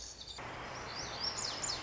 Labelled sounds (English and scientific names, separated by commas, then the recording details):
Lazuli Bunting (Passerina amoena)
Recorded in Sonoma County, California